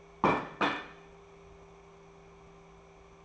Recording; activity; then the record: daily activity, microphone in the room; place plate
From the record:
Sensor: 1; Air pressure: 1015.1 hPa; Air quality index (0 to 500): 200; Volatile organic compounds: 25 ppm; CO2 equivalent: 2828 ppm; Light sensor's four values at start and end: 12/29/12/13 and 12/29/12/13